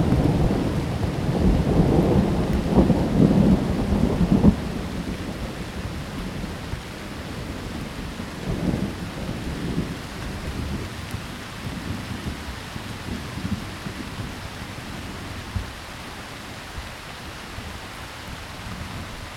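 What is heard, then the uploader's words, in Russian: A thunderstorm: a deep, rolling rumble of thunder dominates the first five seconds, then fades into a lower, grumbling murmur that swells again briefly around nine seconds. A steady hiss of rain runs underneath throughout, with the thunder trailing off into uneven rumbles. Гроза.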